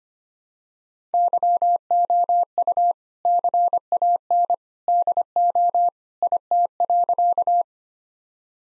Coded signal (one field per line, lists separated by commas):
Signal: Morse code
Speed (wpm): 25 wpm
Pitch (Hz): 700 Hz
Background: none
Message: YOU CAN DO IT.